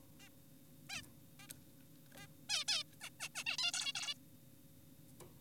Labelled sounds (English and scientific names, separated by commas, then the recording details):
Zebra Finch (Taeniopygia guttata)
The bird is an adult
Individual g4p5U